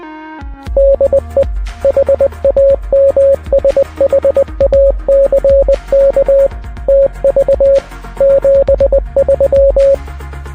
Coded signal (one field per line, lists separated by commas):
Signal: Morse code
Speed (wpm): 20 wpm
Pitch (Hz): 550 Hz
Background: music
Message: DE HAMSHACKTV 73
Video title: CANCELLED: The Ham Shack Trading Post and Roundtable